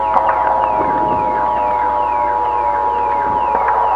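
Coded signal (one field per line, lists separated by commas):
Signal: Emergency Alert System (SAME) tones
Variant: 853 and 960 Hz attention tone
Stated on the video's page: Fictional EAS scenario, not a real event.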